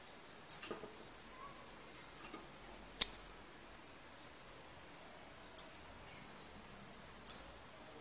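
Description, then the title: Double-collared seedeater giving four sharp, very high notes a few seconds apart, with fainter notes between, over near silence. Tui-tui song, a tutor song ('canto professor') for teaching young birds; the bird is described as 'fibra'. "COLEIRO TUI TUI FIBRA"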